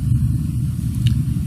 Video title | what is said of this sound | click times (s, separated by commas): Magnorail Vehicle, Bicycle, & Boat Movement System for Dioramas and Train Layouts | and then they will snap together or slide together. | 1.1 s